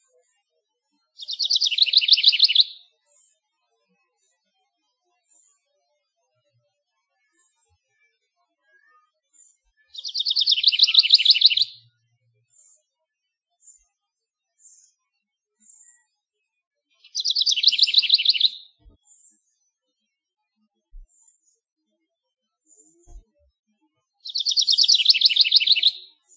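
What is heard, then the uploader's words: A house wren sings four bubbling, rapid songs, each lasting about a second and a half, spaced roughly seven seconds apart. The trills are bright and high. Between songs the background is nearly silent, with a few faint ticks and chips. House Wren.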